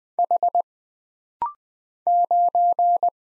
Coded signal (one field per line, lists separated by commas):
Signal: Morse code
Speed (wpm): 20 wpm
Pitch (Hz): 700 Hz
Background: none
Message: H 9